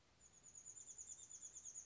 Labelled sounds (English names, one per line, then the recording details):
Chestnut-backed Chickadee
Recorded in Sonoma County, California